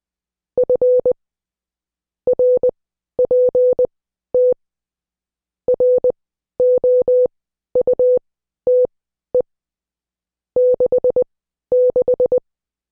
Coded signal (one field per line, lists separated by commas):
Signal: Morse code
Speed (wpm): 20 wpm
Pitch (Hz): 500 Hz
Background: none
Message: F RPT ROUTE 66